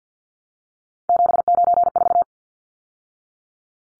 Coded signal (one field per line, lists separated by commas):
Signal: Morse code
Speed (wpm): 50 wpm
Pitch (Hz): 700 Hz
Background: none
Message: 794